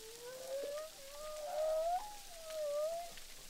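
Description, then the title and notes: Humpback whale song: a string of wavering tonal moans that rise and fall, melting one into the next, with a soft harmonic overtone above and gentle background hiss. Humpback whales recorded underwater with a hydrophone at Boucan Canot, Réunion Island, during filming. "humpback whales, boucan canot, ile de la reunion. enregistré avec un hydrophone DPA"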